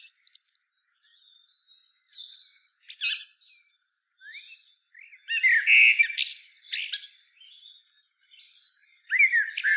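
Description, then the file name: Common blackbird singing, mostly soft scratchy high notes that build into a loud burst of mellow warbles and shrill squeaks around six seconds, then another phrase begins. "Turdus merula"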